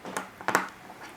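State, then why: Seated. Two plastic arm halves of a PG Unicorn Gundam Gunpla model kit are closed around a peg joint and pressed together, with a few faint handling taps first. The plastic shell snaps shut with two sharp clicks at 0.5 s and 0.6 s, and the arm part is seated.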